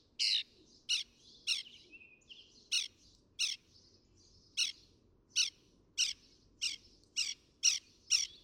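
Northern mockingbird song: sharp harsh notes repeated steadily, with a brief soft whistled slur in between and faint background noise.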